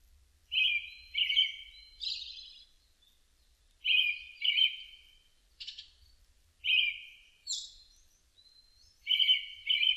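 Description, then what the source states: Brown-headed thrush song of repeated phrases, each of one or two rich whistles ending in a high, scratchy twitter, with short pauses between phrases. Recorded 16 May 2005.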